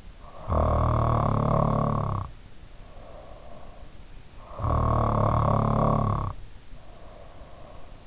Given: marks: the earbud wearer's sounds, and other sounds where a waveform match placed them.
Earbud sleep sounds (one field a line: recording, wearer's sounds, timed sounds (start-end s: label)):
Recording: sounds in sleep by an in-ear microphone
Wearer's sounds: snoring breath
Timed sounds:
0.18-3.96 s: snoring breath
4.36-8.07 s: snoring breath